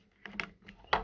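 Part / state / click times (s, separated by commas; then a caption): detachable controller into handheld console side rail / seated / 0.4 s, 0.9 s. A detachable controller is slid down the side rail of a handheld game console until it locks in place. Short clicks are heard at 0.4 and 0.9 seconds, and the controller is seated on the rail.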